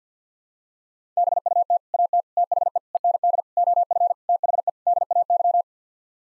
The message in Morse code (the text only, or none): BUT AT THE END OF THE DAY